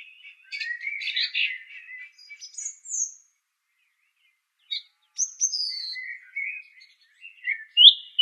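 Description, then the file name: Song thrush song of scratchy chattering notes and clear whistled slurs, with a long silent gap midway before further whistled phrases. "suara kicauan burung song thrush. omkicau"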